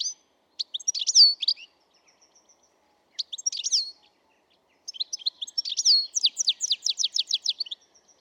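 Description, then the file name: European goldfinch calls: bursts of bright twittering and liquid notes, ending in a rapid run of repeated descending chirps, separated by short quiet gaps. "Carduelis carduelis"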